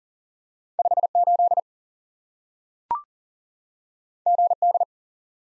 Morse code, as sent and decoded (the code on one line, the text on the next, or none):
..... / ---.. / --. / -..
5 8 G D